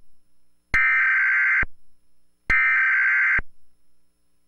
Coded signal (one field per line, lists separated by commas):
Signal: Emergency Alert System (SAME) tones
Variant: header bursts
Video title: EAS Test 11/9/11